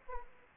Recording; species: mosquito wingbeat signal from an infrared sensor; Aedes aegypti